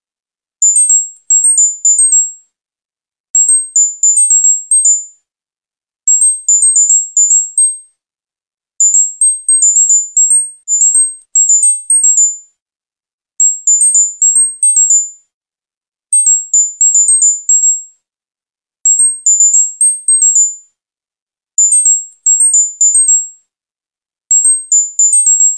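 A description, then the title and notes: A very high, thin tone near 8000 Hz arrives in short bursts of quick chirping notes that flicker slightly up and down. Each burst lasts about a second and a half and repeats regularly every two to three seconds, with dead silence between and nothing lower underneath. High frequency 8000 Hz.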